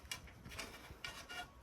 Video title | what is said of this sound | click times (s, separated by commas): Montage chapiteau 6x4 ou 8x4 | Il faut qu'on entende le clips. Donc là on est clipsé. | 0.1 s, 1.1 s